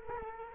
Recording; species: mosquito wingbeat signal from an infrared sensor; Culex quinquefasciatus